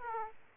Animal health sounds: mosquito wingbeat signal from an infrared sensor; Aedes aegypti

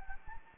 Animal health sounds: mosquito wingbeat signal from an infrared sensor; Anopheles gambiae

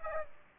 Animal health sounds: mosquito wingbeat signal from an infrared sensor; Aedes aegypti

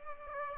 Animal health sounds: mosquito wingbeat signal from an infrared sensor; Aedes aegypti

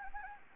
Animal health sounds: mosquito wingbeat signal from an infrared sensor; Anopheles gambiae

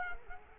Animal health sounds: mosquito wingbeat signal from an infrared sensor; Culex quinquefasciatus

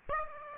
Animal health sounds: mosquito wingbeat signal from an infrared sensor; Aedes aegypti

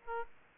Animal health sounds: mosquito wingbeat signal from an infrared sensor; Aedes aegypti

